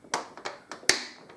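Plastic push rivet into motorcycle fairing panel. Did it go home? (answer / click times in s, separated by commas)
yes / 0.9 s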